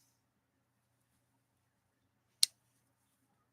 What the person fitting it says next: just heard a little click in place